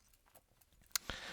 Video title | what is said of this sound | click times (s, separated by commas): Pagani Design PD-1692 4K Watch Review | so nice positive click to the flip block it closes well | 1.0 s